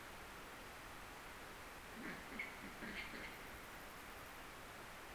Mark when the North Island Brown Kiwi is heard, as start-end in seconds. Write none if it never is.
none